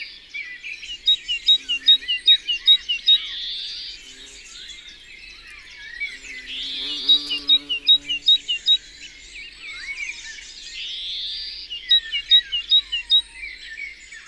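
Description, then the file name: Great tit song: three runs of sharp, evenly spaced notes, several per second, amid a dense chorus of other birds' warbles and chirps. Recorded in the Drôme, France. "Mesange charboniniere Concerts Naturels de la Drome Studio les Trois Becs"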